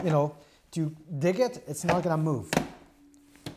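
Someone talks while handling the plastic football-shaped ball piece of a PETLIBRO 6-liter automatic cat feeder, which is meant to be pushed into the clicker mount on the feeder's bottom so it locks and can't be pawed around. After the talking stops, a short steady tone holds and two faint, brief taps sound near the end. The piece has not clicked or seated yet.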